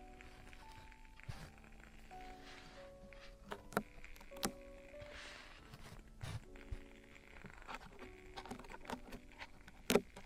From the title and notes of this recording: ASMR Traditional Chinese Ear Cleaning and Earwax Removal (No Talking).